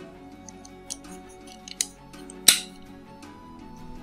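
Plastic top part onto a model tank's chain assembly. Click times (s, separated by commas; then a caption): 1.8 s, 2.5 s. A plastic top part is pressed onto the chain parts of a model tank's track assembly until it snaps into place. Over quiet background music, a sharp click at 1.8 s is followed by a louder snap at 2.5 s as the part seats.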